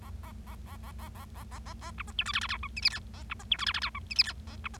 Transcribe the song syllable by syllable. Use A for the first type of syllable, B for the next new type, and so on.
A A A A A A A A A A A B C D E F F G H I J K A B C D E F F G H I J K A B C